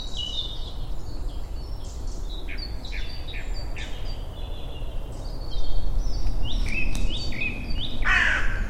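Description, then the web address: Several birds give short whistles and chirps, with a harsher burst of calls near the end, all over constant low-pitched background noise. "cianscape. Deverinetal. Bird Only"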